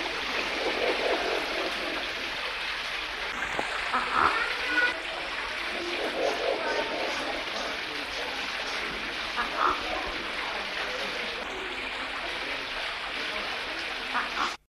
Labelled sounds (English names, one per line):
Green Imperial Pigeon call